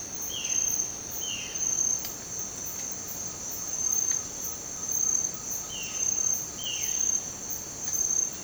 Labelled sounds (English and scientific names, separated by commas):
Violaceous Jay (Cyanocorax violaceus)